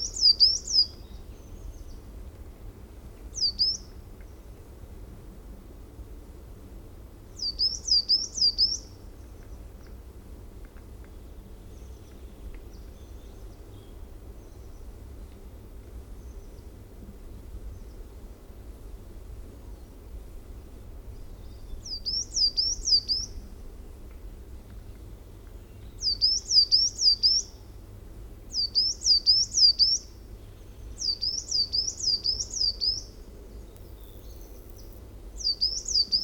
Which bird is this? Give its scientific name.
Periparus ater